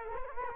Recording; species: mosquito wingbeat signal from an infrared sensor; Culex quinquefasciatus